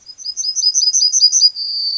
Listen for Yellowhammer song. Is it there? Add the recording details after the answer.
yes. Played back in grassland. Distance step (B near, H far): B. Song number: 110